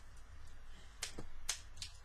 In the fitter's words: Well, 2 clicks to be exact.